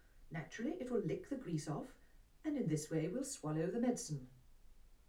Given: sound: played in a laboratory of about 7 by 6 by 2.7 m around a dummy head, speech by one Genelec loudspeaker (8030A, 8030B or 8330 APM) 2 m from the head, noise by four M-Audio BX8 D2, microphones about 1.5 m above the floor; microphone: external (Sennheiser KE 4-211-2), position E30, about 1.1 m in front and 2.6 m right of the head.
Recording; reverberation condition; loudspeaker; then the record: female speech in English; low; 150 degrees to the left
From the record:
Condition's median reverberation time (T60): about 310 ms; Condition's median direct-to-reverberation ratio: about 3.5 dB